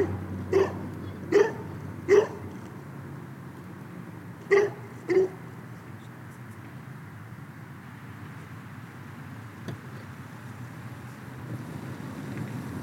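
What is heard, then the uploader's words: A dog barks five times in the first five seconds, short sharp yelps in two quick groups, then falls silent. A steady low rumble of wind and traffic fills the rest, with a faint tick near ten seconds. Bruges dog and windmill.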